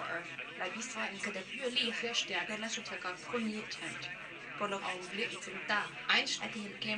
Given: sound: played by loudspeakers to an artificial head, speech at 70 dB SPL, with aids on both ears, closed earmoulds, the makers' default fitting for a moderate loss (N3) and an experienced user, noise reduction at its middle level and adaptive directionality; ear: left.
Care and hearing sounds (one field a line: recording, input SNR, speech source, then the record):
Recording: speech test signal (ISTS) in cocktail-party noise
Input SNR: +9 dB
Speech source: on the right (90 degrees)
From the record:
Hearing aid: class 2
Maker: G